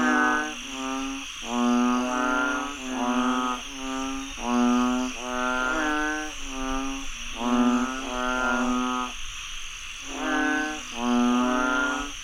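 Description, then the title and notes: Frog chorus of nasal, harmonic croaks in long bouts with a brief pause near the end, over a steady high-pitched background drone. Frogs croaking after heavy rainfall in Chiang Mai, Thailand. "Frogs croaking after heavy rainfall in Chiang Mai, Thailand. Alex Boyesen"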